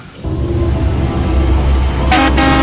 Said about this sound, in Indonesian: aku dikagetkan dengan klakson bis. Itu dia tuh bisnya datang juga.